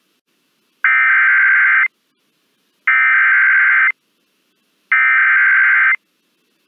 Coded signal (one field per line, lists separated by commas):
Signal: Emergency Alert System (SAME) tones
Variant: header bursts